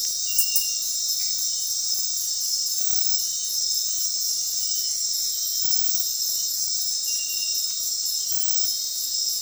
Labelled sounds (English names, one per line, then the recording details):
none
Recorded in dense forest near Puerto Asís, Putumayo, Colombia, on 13 March 2025 at 00:00
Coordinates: 0.503, -76.323
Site GP09